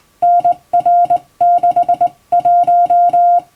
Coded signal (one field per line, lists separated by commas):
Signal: Morse code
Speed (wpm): 20 wpm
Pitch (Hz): 700 Hz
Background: music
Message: NR61